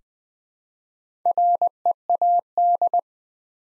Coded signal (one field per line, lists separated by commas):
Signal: Morse code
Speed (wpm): 20 wpm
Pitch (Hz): 700 Hz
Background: none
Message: READ